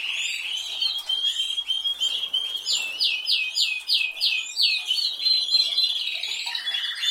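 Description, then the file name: Canary song with a series of repeated swooping notes, followed by a fast, level trill and a lower phrase. "Canary Voice"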